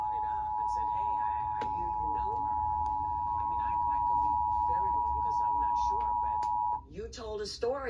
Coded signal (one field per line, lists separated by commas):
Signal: Emergency Alert System (SAME) tones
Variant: 853 and 960 Hz attention tone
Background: speech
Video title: It’s that time again...EAS Tests From March 10, 2021 (EAS #877-880)